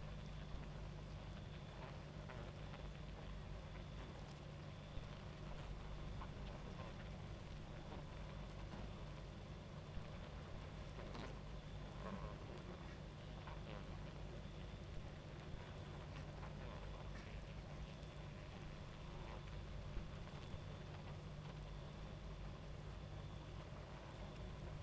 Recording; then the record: honeybee colony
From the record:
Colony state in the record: active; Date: 28 July 2017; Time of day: 23:56